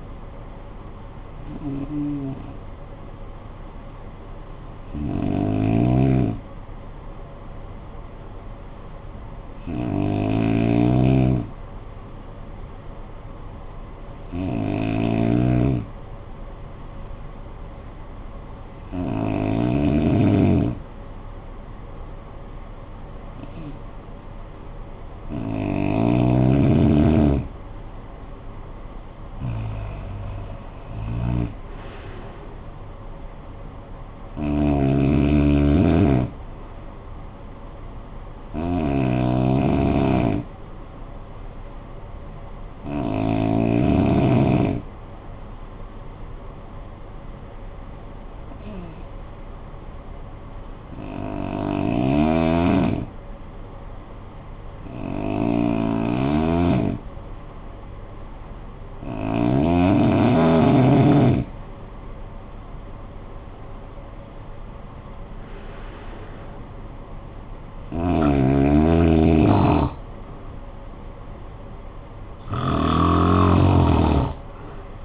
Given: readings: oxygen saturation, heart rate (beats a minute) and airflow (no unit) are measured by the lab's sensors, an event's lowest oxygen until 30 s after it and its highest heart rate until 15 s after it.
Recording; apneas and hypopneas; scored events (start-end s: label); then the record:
breathing in sleep by a smartphone at the bedside; 2
3.00-26.40 s: hypopnea (N1, oxygen 95% highest, then 90% lowest, heart rate 50 at the start, 58 highest)
46.00-62.50 s: hypopnea (N1, oxygen 94% highest, then 88% lowest, heart rate 52 at the start, 68 highest)
From the record:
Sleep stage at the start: N1 (lightest sleep); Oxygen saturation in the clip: 89 to 95%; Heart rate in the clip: 48 to 68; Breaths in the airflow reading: 17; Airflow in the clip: -18.8 to 11.0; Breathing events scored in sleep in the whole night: 445 in 7.6 hours asleep